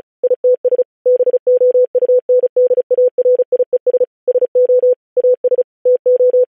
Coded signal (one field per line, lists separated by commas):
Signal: Morse code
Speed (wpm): 36 wpm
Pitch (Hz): 500 Hz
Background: none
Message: ITS BOUNDARIES SO AS TO